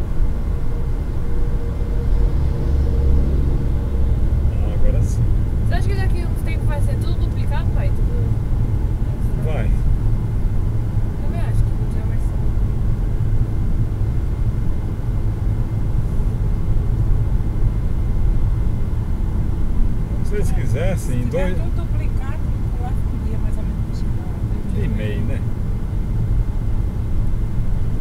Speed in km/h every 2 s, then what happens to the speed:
95, 94, 94, 95, 96, 98, 99, 99, 99, 96, 94, 91, 91, 91.
0-16 steady at about 96. 16-28 slows to 91.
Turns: none.